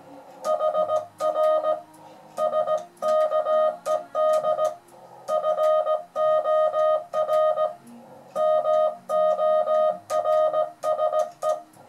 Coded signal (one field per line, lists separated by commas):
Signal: Morse code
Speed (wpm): 17 wpm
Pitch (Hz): 620 Hz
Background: music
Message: HR SKED FOR MORSE